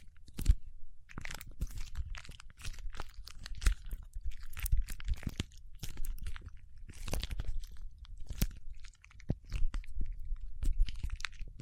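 Paraffin wax is peeled, tapped and scratched in a dense, irregular stream of small crunching and crackling sounds. Sharp bright clicks and snaps land every fraction of a second, with louder taps near 0.5, 4.7, 7 and 8.5 seconds, and a brief quieter lull around 9 seconds.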